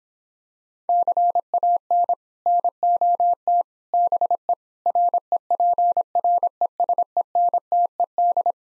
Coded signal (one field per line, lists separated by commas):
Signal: Morse code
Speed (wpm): 26 wpm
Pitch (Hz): 700 Hz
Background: none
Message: CAN NOT BE REPRESENTED